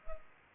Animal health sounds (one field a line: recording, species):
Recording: mosquito wingbeat signal from an infrared sensor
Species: Culex pipiens